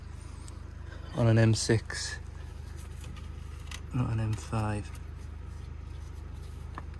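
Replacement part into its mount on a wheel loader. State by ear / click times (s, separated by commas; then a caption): seated / 6.8 s. A new replacement part is banged into its mount on a wheel loader (loading shovel) during a repair, over a steady low hum while someone talks. A sharp click at 6.8 s marks the part seating into position.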